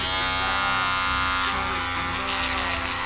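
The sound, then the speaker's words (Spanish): A smart electric shaver, switched on to trim long sideburns, runs with a steady, loud motorized buzz, and its tone turns rougher and grittier about halfway through as the machine goes out of control, with no voices. “con la boca sangrienta, enciendo mi afeitadora inteligente.”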